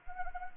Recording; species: mosquito wingbeat signal from an infrared sensor; Anopheles gambiae